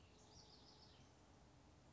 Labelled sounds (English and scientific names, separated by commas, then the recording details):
House Wren (Troglodytes aedon)
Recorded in Sonoma County, California